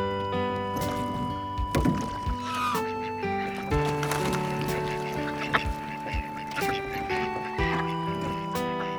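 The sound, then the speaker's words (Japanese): A rowboat is rowed toward the middle of a pond, with sharp oar strokes and splashes every second or two, while ducks and geese quack and honk almost constantly. “池の真ん中の方まで行ってみるね。”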